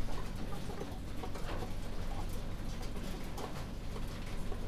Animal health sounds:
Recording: poultry house recording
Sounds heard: healthy chickens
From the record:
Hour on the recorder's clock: 23

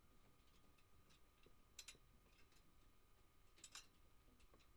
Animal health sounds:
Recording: poultry house recording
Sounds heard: no chicken sound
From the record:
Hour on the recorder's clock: 1

